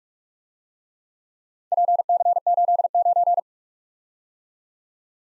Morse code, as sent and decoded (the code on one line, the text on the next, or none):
.--. -.-. ---.. ----.
PC89